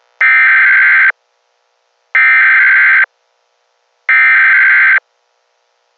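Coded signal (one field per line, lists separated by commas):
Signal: Emergency Alert System (SAME) tones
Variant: header bursts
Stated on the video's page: Fictional EAS scenario about a zombie apocalypse, not a real alert.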